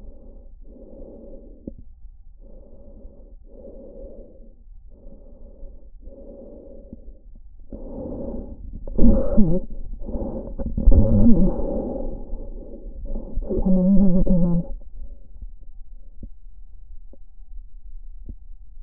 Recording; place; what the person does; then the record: lung sounds by stethoscope; trachea; quiet breathing, then cough and speech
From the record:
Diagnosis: interstitial lung disease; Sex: female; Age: 65 years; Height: 156 cm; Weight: 66.8 kg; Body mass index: 27.4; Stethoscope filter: diaphragm mode